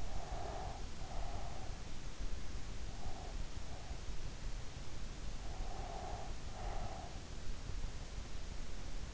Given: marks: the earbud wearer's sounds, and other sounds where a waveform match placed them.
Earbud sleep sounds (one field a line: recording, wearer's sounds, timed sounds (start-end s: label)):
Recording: sounds in sleep by an in-ear microphone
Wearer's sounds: breath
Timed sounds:
0.00-1.90 s: breath
2.92-4.04 s: breath
5.71-7.29 s: breath